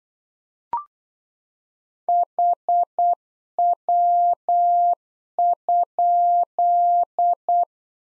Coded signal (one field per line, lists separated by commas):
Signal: Morse code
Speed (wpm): 8 wpm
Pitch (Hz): 700 Hz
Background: none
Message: HW?